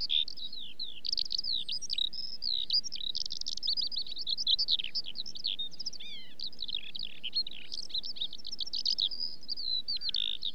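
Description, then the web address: Eurasian skylark song, a continuous, rapid stream of high warbled and chirping notes without pauses, over a steady low rumble of background noise. In song flight. "BBC Sound Effects Library. Skylark"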